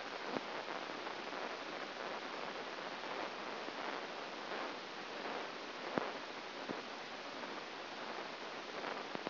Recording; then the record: brain microelectrode recording played as sound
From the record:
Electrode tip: inside the subthalamic nucleus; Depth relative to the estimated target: 0 mm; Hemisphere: right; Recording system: AlphaMap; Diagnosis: Parkinson's disease